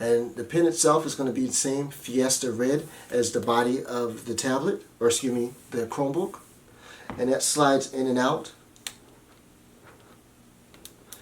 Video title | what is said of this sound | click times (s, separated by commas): Samsung Galaxy Chromebook 2020. Unboxing, 1st Look & Spec Review! | I don't know if you can hear it on here, but you can hear it click when it comes out and hear it click when you push it back in. | 8.9 s, 10.9 s